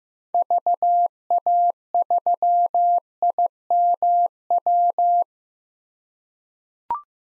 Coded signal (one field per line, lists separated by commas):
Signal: Morse code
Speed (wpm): 15 wpm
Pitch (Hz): 700 Hz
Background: none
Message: VA3IMW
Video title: 2023 POTA Hunter Call Signs - 15wpm